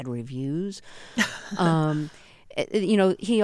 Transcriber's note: laughter